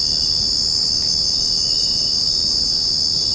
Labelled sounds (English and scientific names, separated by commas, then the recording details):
none
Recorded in secondary vegetation near Puerto Asís, Putumayo, Colombia, on 9 March 2025 at 02:30
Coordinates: 0.481, -76.318
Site G097